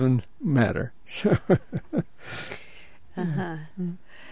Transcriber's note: laughs